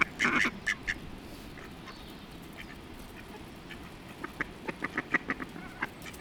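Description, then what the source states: Duck quacks, a loud harsh burst at the start and then a run of short quacks near the end, over steady low background noise. Ducks being fed; one duck getting her way.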